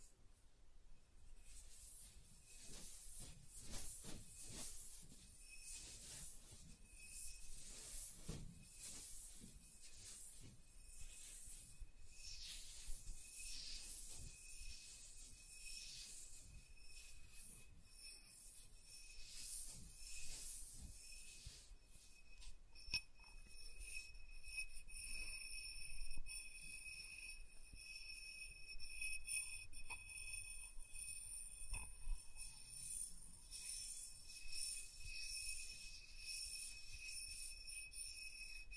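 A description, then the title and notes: Soft tracing over smooth and rough surfaces, quiet, with brushing strokes, light scratchy ticks, and a faint steady high whine throughout. ASMR Soft Tracing on Smooth and Rough Surfaces (No Talking).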